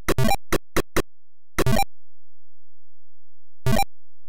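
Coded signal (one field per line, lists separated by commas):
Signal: none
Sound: game sound effects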